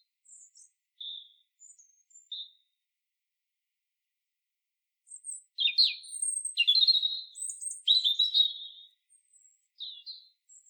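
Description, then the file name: European robin song with a few faint, isolated high notes, a pause, then a sparkling phrase of quick, varied twitters and warbles, followed by a few more notes. "Erithacus rubecula"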